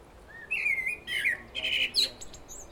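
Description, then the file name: Common blackbird song: smooth fluted whistled notes alternating with shrill high twittering in quick succession. "Turdus merula"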